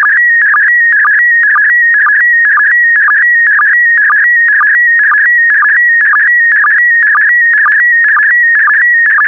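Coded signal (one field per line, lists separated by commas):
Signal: SSTV (slow-scan television)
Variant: PD120 mode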